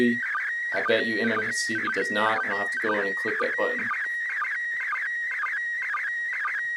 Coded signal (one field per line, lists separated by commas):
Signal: SSTV (slow-scan television)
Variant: PD 120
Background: speech